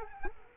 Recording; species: mosquito wingbeat signal from an infrared sensor; Culex quinquefasciatus